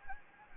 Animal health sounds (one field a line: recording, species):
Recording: mosquito wingbeat signal from an infrared sensor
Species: Anopheles gambiae